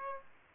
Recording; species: mosquito wingbeat signal from an infrared sensor; Aedes aegypti